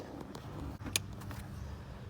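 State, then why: Seated. The wiring plug is pushed back onto the headlight bulb base of a 2010 Ford Explorer, with a few faint handling ticks around 0.2, 0.4 and 1.3 s over a steady low background. One sharp, bright click at 1.0 s marks the connector seating fully on the bulb.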